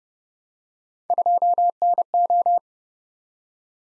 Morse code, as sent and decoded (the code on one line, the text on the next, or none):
..--- -. ---
2NO